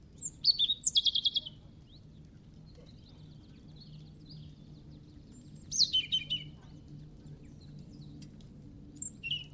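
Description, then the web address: European robin song: short phrases of high, thin, trilled notes, one at the start, another about five seconds later and a brief one at the end, with faint squeaks between, over low background hum. "Deverinetal 2025 File origin Bird Only Er Ru"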